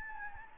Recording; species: mosquito wingbeat signal from an infrared sensor; Anopheles gambiae